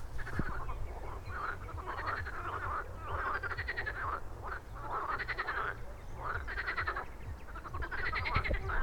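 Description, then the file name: Frog chorus: many frogs croaking in overlapping pulsed bursts that swell and fade every second or so, over a steady low rumble. "Frog Chorus Ambience Nature Animals"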